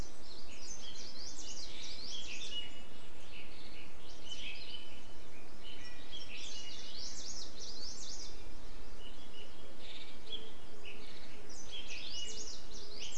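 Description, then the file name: Bird calls in a busy chorus: many overlapping high chirps and quick slurred notes throughout, a few faint low tones near the end, all over constant hiss. "mainly bird"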